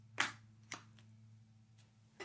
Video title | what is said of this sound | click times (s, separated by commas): Best Budget Keyboard with Numpad? [AJAZZ AK980] | Okay. And then hold the keyboard and push straight down. And you'll hear it click into place. | 0.2 s